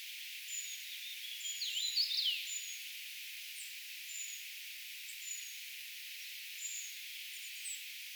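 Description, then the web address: Eurasian treecreeper calls: scattered, very high, thin, short notes spread throughout, with a brief burst of lower, sweeping chirps early on. Calls of a brood of young treecreepers, recorded 4 June 2025; the recordist gives the identification as tentative. "paivat 4 6 2025 tietaakseni puukiipijapesueen aantelya"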